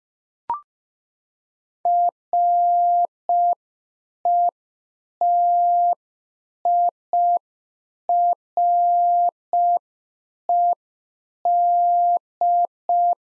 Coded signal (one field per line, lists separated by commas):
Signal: Morse code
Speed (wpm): 5 wpm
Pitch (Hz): 700 Hz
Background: none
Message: RETIRED